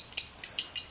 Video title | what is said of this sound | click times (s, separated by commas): Lets shoot the FN-S | barrel in let it click into place | 0.2 s, 0.4 s, 0.6 s, 0.8 s